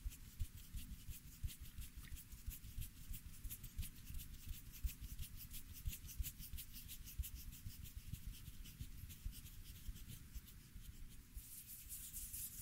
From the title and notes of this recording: CUTTING HAIR ASMR NO TALKING, ASMR HAIRCUT, ASMR CUTTING YOUR BANGS, ASMR SCISSORS SOUNDS.